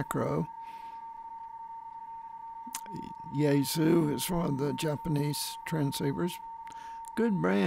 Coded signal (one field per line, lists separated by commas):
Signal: PSK31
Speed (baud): 31.25 baud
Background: speech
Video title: A PSK31 QSO